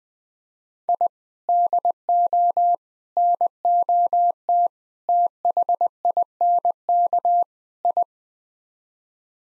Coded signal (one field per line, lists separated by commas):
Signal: Morse code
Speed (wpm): 20 wpm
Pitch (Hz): 700 Hz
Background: none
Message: I DO NOT THINK I